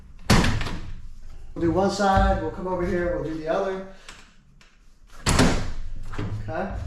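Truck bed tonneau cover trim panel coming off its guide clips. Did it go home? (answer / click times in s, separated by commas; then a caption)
released / 0.3 s. The rear edge of a plastic tonneau cover trim panel on a Tesla Cybertruck truck bed is lifted up from the back side, and it snaps free of its guide clips with a sharp snap at 0.3 s, releasing the panel. Someone then talks, and another loud knock follows later in the clip.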